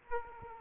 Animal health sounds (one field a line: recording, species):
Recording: mosquito wingbeat signal from an infrared sensor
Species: Aedes aegypti